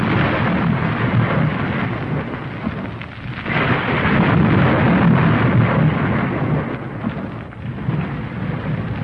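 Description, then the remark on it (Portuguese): A heavy, continuous rumble of thunder and an earthquake, with dense low-end roaring and crackling texture, swelling and easing over several seconds with no voices present. “E logo se fizeram trovões e estrondos e relâmpagos e um grande terremoto.”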